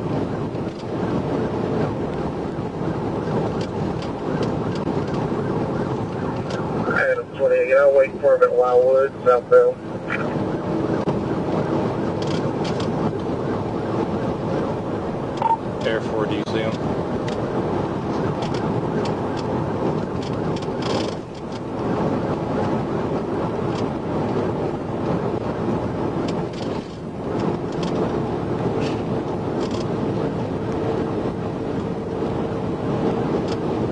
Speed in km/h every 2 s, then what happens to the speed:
190, 184, 167, 169, 174, 177, 182, 185, 185, 179, 180, 184, 187, 192, 193, 195, 198.
0-5 brakes to 167. 5-34 speeds up to 198.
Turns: none.